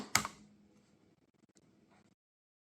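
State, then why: Seated. A protective case is clipped onto a Google Pixel 11 Pro Fold foldable smartphone, giving a sharp snap at 0.1 s followed by a softer click. After that, only faint small ticks are heard and the case sits clipped on firmly.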